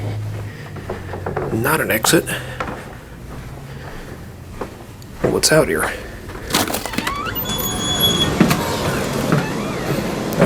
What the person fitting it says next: Okay, it won't latch on me.